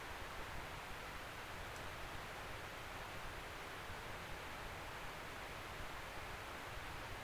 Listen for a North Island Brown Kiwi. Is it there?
no